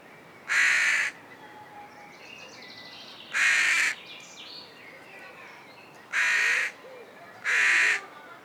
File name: Corvus corone